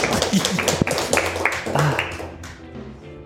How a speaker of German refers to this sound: Toter Applaus von den Rängen.